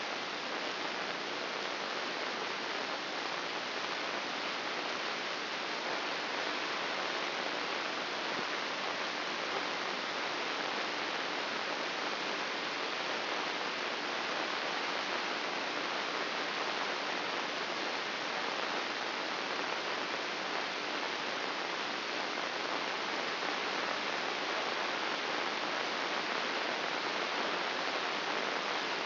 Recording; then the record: brain microelectrode recording played as sound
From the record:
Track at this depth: inside the subthalamic nucleus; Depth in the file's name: 5.861 mm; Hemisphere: left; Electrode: 3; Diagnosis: Parkinson's disease